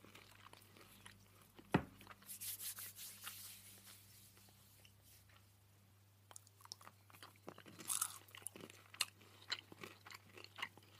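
A person eats, with a sharp crunching bite near two seconds and scattered clicks and chewing sounds throughout. Bright rustling crunches cluster around two to four seconds and again near eight seconds. A low steady hum runs underneath, dropping partly away after six seconds.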